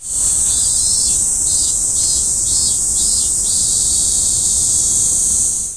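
Cicadas giving a continuous, shrill, high-pitched buzz, with a pulsing lower layer in the first few seconds.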